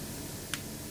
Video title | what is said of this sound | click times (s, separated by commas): BOYALINK - A Refined All-In-One Wireless Microphone System! (Apple + Android + All Cameras) B | these are the windscreens and as you can see you can just put them on onto the microphone with a twisting motion it will actually snap in place | 0.5 s